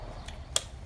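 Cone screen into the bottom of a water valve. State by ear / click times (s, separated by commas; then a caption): seated / 0.6 s. A plastic cone screen is pressed into the bottom of a Delta water valve and snaps into place with one sharp, loud click at 0.6 s. A fainter tick comes just before, over a low background hum. The screen is seated.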